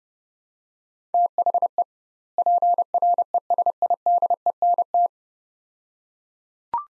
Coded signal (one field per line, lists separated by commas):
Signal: Morse code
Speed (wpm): 31 wpm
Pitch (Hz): 700 Hz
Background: none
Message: THE PRESIDENT